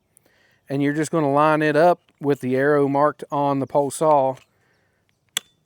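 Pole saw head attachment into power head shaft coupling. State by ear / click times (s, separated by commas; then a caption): seated / 5.4 s. Someone talks while lining up the head of an EGO PS1001 10-inch cordless pole saw with the arrow marked on the pole, with the wing nut loose. Two faint handling taps are heard at about 5.1 and 5.3 seconds. The head is then pushed into the power head's shaft coupling and latches with a single sharp, loud click at 5.4 seconds, seating it.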